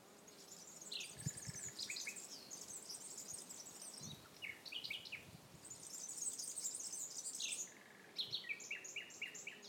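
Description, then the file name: Common nightingale song in bursts of varied phrases, ending in a run of repeated staccato notes. Recorded in 2016. "nachtigall 2016"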